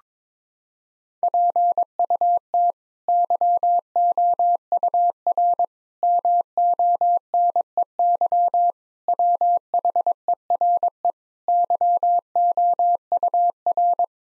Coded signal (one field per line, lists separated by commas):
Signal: Morse code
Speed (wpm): 22 wpm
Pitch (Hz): 700 Hz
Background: none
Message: PUT YOUR MONEY WHERE YOUR